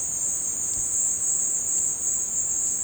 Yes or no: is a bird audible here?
no